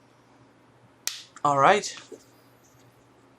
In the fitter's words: clicks in place and it's solid and it's really really solid nice thing